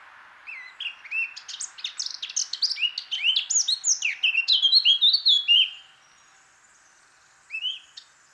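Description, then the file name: Eurasian blackcap song: a fast, rich warble of scratchy and fluty notes building for about five seconds, then a short isolated phrase near the end. "Sylvia atricapilla"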